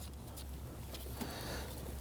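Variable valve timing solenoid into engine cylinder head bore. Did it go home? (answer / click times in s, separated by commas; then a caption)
no / none. A new variable valve timing solenoid for a 2009-2017 Volvo XC60, a metal and plastic body with an O-ring, is handled at its bore in the engine cylinder head. Only a steady low hum and faint handling noises are heard, with no talk. Nothing has seated or clicked yet.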